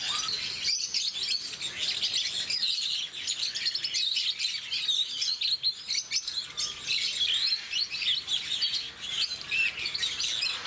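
Rosy-faced lovebird chatter, with constant piercing squeaks and twittering notes layered thickly throughout.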